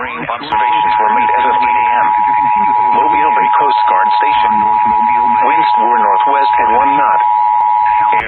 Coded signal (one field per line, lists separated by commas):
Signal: Emergency Alert System (SAME) tones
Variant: 853 and 960 Hz attention tone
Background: speech